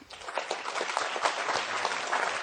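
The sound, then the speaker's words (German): A steady burst of applause from many hands, dense overlapping claps at a fairly even level throughout, with no voices standing out above it. “Ich würde sagen, warte, dafür würde ich erstmal einen fetten Applaus.”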